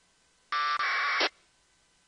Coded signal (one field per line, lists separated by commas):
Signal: packet radio (AX.25, as in APRS)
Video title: Using AFSK1200 Decoder for Radio Propagation